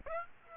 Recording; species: mosquito wingbeat signal from an infrared sensor; Aedes aegypti